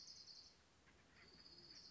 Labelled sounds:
Orange-crowned Warbler
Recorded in Sonoma County, California

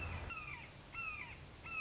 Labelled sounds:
Red-shouldered Hawk
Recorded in Sonoma County, California

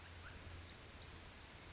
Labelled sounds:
Brown Creeper
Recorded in Sonoma County, California

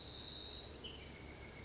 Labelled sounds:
Bewick's Wren
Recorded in Sonoma County, California

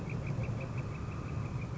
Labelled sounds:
Northern Flicker
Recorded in Sonoma County, California

